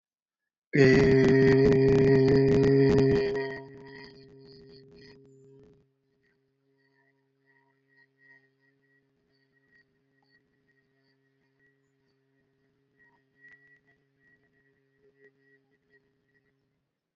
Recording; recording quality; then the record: sustained vowel as in made; excellent, no background noise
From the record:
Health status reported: healthy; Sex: male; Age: 23 years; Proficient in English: yes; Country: India